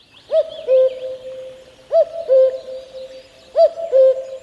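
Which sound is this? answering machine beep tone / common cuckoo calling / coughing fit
common cuckoo calling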